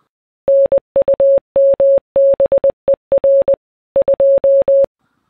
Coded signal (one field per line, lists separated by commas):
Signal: Morse code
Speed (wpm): 20 wpm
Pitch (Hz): 550 Hz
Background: none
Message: NUMBER 2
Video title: My Top 5 Shortwave Radio/Communications Receivers